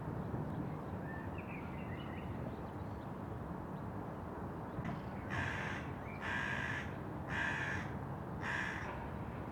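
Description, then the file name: Crow cawing: after a stretch of steady low rumbling noise, four harsh, hoarse caws come in the last few seconds, about one a second. "Crow Calling Caw"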